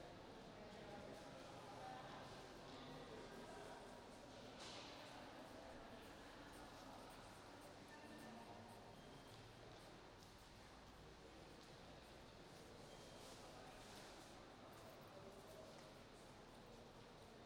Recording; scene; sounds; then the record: everyday scene through a hearing-aid microphone; reverberant space; background noise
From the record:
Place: railway station hall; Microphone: in the ear canal, right